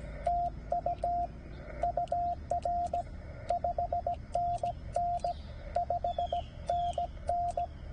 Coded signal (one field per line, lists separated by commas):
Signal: Morse code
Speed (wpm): 16 wpm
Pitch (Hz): 690 Hz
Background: radio noise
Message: TU UR 5NN 5NN